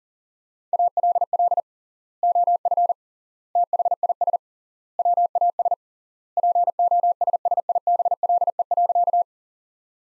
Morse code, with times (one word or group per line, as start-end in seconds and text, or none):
0.7-1.6 ALL
2.2-2.9 OF
3.6-4.4 THIS
5.0-5.7 WAS
6.4-9.2 POSSIBLE.